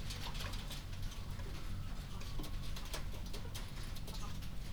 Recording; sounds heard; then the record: poultry house recording; healthy chickens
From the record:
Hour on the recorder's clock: 22